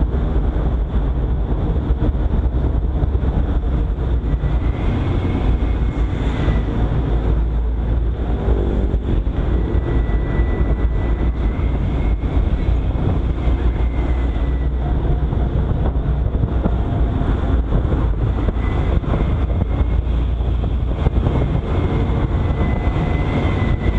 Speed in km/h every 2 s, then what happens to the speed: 39, 37, 33, 33, 35, 34, 34, 35, 34, 36, 38, 37.
0-4 slows to 33. 4-24 steady at about 34.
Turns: none.